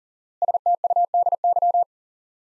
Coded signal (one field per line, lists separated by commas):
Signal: Morse code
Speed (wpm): 40 wpm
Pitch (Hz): 700 Hz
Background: none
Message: STUDY